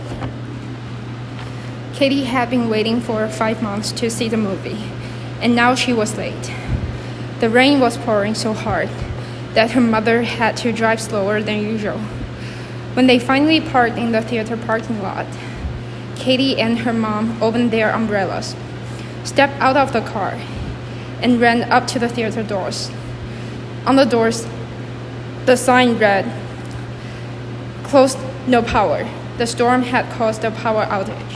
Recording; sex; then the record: reading aloud after running; female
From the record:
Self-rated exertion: moderate exertion (3 of 6); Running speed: 7 miles an hour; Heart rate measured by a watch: 116 beats a minute at the start, 111 at the end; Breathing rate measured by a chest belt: 25 breaths a minute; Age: 24 years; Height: 163 cm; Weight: 52 kg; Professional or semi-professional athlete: no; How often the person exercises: 1 to 2 times a week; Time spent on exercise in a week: under 1 hour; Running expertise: no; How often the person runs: 1 to 2 times a week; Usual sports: interval training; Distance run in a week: 5 km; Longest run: 3 km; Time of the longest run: 30 minutes